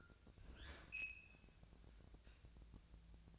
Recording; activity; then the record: daily activity, microphone in the room; open fridge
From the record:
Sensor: 2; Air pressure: 999.9 hPa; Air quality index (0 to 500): 125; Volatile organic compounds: 2 ppm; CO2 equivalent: 1068 ppm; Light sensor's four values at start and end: 29/72/31/34 and 29/72/31/34